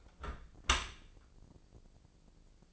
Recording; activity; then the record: daily activity, microphone in the room; close dishwasher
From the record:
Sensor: 5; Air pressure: 1012.4 hPa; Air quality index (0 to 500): 159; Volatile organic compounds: 2 ppm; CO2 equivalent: 1082 ppm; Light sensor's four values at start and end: 111/267/113/126 and 113/272/115/129